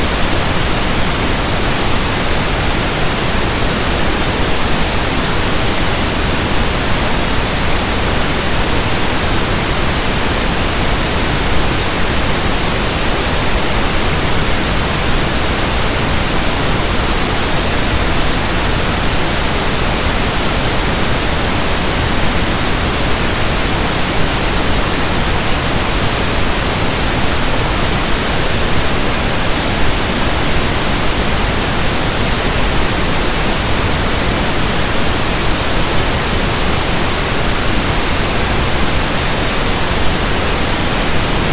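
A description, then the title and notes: Pink noise runs unbroken for the whole clip, a dense, even hiss with a full, soft low end rather than a thin, sharp edge. Level and texture stay perfectly constant, with no events, changes or background sounds. Pink Noise Sound. Pink noise is a combination of white noise and brown noise.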